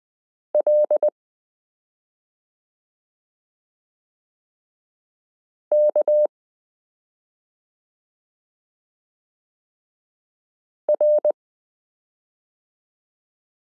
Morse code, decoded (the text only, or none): LKR